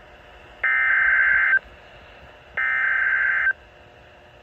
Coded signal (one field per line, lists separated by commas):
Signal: Emergency Alert System (SAME) tones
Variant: header bursts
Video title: (EAS #457) Tornado Warning for Dane and Jefferson, Wisconsin